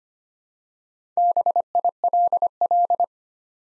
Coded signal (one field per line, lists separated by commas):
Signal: Morse code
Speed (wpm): 25 wpm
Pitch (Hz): 700 Hz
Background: none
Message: BILL